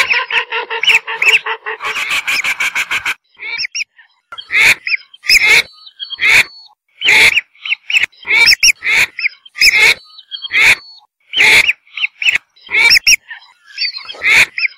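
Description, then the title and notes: Whistling duck opening with a fast chattering run of harmonic notes, followed by sharp whistled calls repeated at irregular intervals. "Kicau Burung Belibis"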